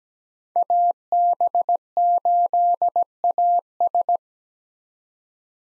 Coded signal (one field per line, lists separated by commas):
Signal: Morse code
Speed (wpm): 17 wpm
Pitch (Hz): 700 Hz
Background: none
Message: AB8AS